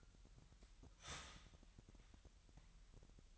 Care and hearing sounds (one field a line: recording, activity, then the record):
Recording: daily activity, microphone in the room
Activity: start toaster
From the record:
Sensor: 3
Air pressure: 1002.0 hPa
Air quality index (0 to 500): 247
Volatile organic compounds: 51 ppm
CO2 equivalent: 3306 ppm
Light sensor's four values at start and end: 13/39/17/15 and 13/39/17/15